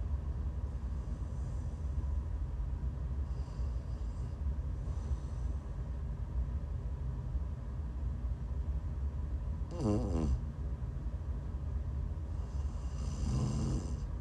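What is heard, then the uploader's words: Snoring over a steady low rumble that runs the whole way through. Soft, airy breaths come and go in the first six seconds, then a loud rattling snore hits near ten seconds and another rougher one builds around thirteen. ASMR snoring.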